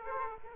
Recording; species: mosquito wingbeat signal from an infrared sensor; Aedes aegypti